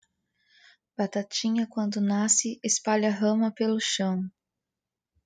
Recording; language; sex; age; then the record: short text; Brazilian Portuguese; female; 20 to 29 years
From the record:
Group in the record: control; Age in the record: 29 years